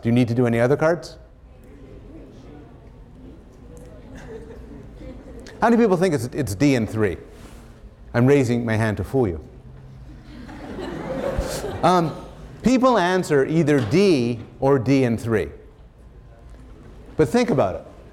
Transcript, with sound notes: Do you need to do any other cards? How many people think it’s “D” and “3”? I’m raising my hand to fool you. [laughter] People answer either “D” or “D” and “3” but think about it.